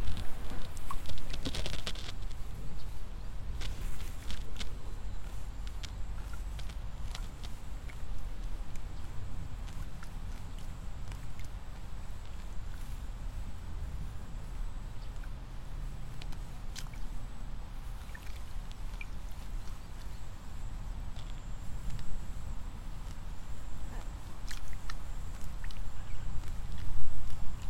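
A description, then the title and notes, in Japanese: Rice seedlings being pulled in the evening, with wet, squishing handling sounds and short splashy snaps scattered throughout, sharper ones around 2, 4, 17 and 24 seconds. A steady low rumble runs underneath the whole time, with faint high chirping above. イネ苗取り ブユのいない気持ち良い夕方。いよいよ今年の手植え田んぼも大詰め。夕方、イネの苗取り。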